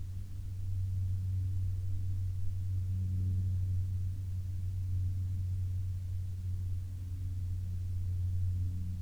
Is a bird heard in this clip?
no